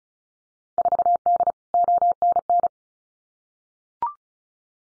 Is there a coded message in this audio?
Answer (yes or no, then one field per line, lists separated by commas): yes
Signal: Morse code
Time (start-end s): 0.8-2.7 s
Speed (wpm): 34 wpm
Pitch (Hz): 700 Hz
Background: none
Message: 4D ONN